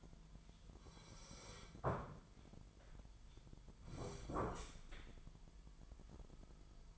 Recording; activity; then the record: daily activity, microphone in the room; sit down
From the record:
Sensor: 5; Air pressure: 998.6 hPa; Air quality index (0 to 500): 84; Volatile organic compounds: 1 ppm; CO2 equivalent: 966 ppm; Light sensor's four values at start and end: 44/107/44/49 and 45/109/45/50